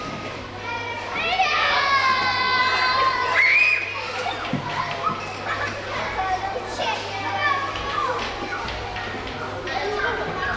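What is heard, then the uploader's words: Children chatter and call out together in a lively holiday ambience, with high excited voices rising and falling throughout. A shrill shout or squeal stands out around the third and fourth seconds, and a low steady hum sits underneath the whole time. Holiday Children Ambience. Ambient noise of children in the background during the holidays.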